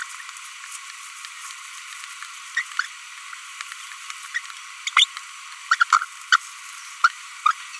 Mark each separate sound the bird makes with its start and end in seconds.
2.57-2.61, 2.79-2.81, 4.35-4.38, 4.97-5.04, 5.71-5.75, 5.80-5.83, 6.33-6.36, 7.04-7.08, 7.46-7.51